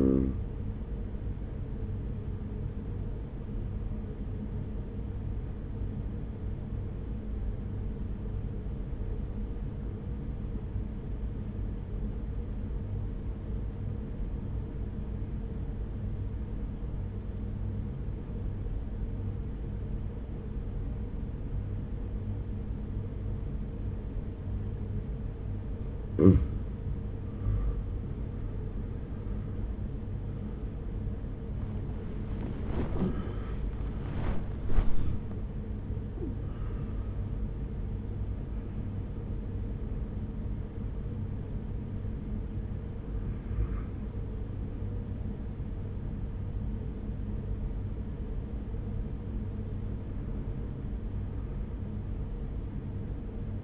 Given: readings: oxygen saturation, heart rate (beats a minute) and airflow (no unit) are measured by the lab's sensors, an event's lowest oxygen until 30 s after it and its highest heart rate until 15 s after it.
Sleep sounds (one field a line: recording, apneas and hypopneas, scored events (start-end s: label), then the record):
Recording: breathing in sleep by a smartphone at the bedside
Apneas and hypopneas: 1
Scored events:
5.00-27.30 s: obstructive apnea (N2, oxygen 94% highest, then 86% lowest, heart rate 42 at the start, 72 highest)
40.00-53.64 s: new sleep stage, N1 (lightest sleep)
From the record:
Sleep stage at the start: N2 (light sleep)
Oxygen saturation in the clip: 86 to 94%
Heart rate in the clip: 42 to 72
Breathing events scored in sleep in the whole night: 210 in 6.9 hours asleep